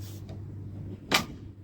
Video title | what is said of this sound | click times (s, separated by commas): Installing BAK X4s Tonneau Cover over a Ford Maverick bed | so this locks into place without any issues | 1.1 s